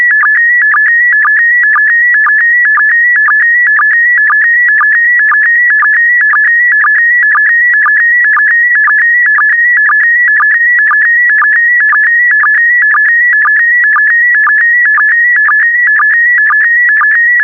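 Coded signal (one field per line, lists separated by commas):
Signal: SSTV (slow-scan television)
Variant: PD120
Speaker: transmission complete you can now check your decoded image against the picture that is shown on the video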